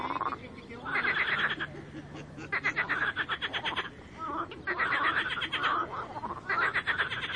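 Frogs calling in a dense chorus: long runs of quick, ratcheting pulses broken by brief pauses, several callers overlapping.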